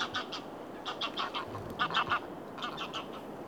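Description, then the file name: Mallard giving nasal quacks in quick groups of three or four, with brief pauses between the groups and a soft hiss behind. Wild duck recorded at Oostduinen. "bird in oostduinen 15-wild duck"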